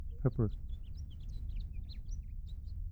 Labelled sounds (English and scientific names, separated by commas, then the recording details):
House Finch (Haemorhous mexicanus) song
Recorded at Hewlett Harbor on Long Island, New York, on 10 June 1975
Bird M